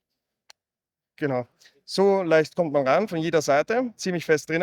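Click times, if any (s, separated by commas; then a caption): 0.5 s. A mountain-bike shoe cleat is pushed into a mechanical spring-retention clipless pedal with an injection-moulded body and overmoulded metal rings. A single sharp click at 0.5 s marks the spring snapping into the pedal body, and the cleat seats, easy to get into from all sides. Afterward, someone talks.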